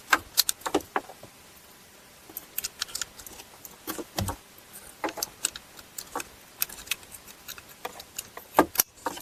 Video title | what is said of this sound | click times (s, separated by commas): How to Replace Turn Signal Switch on Pontiac Grand Prix (Fix High Beams Turn on with Lights) | take your new one and reconnect all these connectors. Just make sure you hear them snap in place. | 0.5 s, 6.6 s, 8.8 s